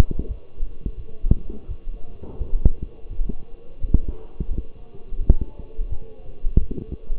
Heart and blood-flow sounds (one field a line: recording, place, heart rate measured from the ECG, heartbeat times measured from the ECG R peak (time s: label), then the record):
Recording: heart sounds by stethoscope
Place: between the tricuspid and mitral areas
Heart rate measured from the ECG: 86 bpm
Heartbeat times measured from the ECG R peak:
0.27 s: heartbeat
0.96 s: heartbeat
1.67 s: heartbeat
2.38 s: heartbeat
3.09 s: heartbeat
3.80 s: heartbeat
4.49 s: heartbeat
5.18 s: heartbeat
5.89 s: heartbeat
6.58 s: heartbeat
From the record:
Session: walking at 3.7 km/h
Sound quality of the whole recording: partially saturated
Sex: male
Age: 24 years